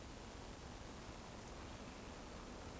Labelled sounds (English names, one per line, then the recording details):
Eurasian Woodcock whistle
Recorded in Baden-Württemberg, Germany, on 25 June 2020 at 19:39 UTC
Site 14569, 102 m above sea level